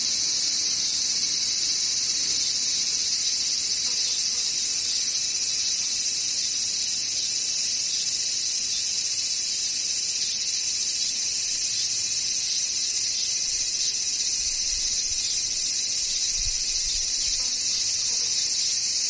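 Cicadas drone continuously, a dense, bright, shrill buzz that holds steady for the whole stretch without pause or change in pitch. Several insects seem to blend into one wall of sound, with faint low rumbles underneath near the end.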